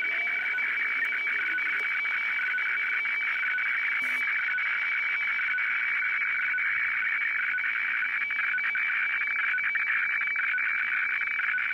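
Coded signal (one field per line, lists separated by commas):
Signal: weather fax (radiofax)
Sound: continuous scratchy warbling tone, rhythmic ticking texture, steady throughout over shortwave hiss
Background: radio static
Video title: Sony CRF-V21 receiving WEFAX - Shortwave radio DX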